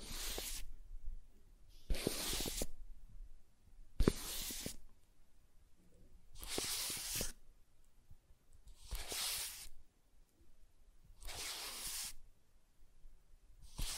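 Soft tracing strokes on a surface come in six hissy swipes about every two seconds, with faint taps and rustles between them.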